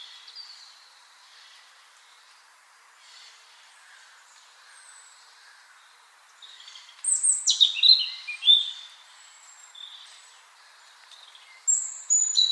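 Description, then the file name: European robin singing: bright, high-pitched twittering phrases with rapid slurs and trills, a loud burst midway and another starting at the end. "Erithacus rubecula"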